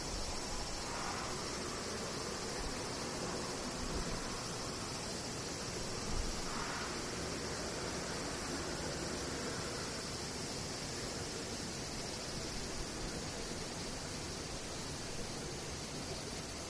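Cicadas drone in a steady, dense, high-pitched hiss for the whole clip, over a constant low rushing noise, with faint swells near one and seven seconds.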